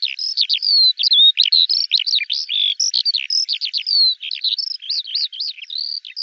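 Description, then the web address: Eurasian skylark song: a rapid, unbroken stream of high chirps, trills and slurred whistles, with short notes tumbling several times per second and no other sounds. "Deverinetal 2025 File cleaned normalized Bird Al Ar"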